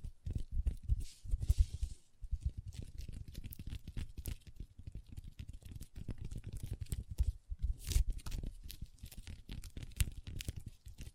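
Long fingernails tap and scratch across a tabletop in a dense, irregular flurry of small clicks and scrapes with no pause. Some strokes are duller thuds, others brighter rasping scratches, with a louder burst near two seconds and again near eight seconds.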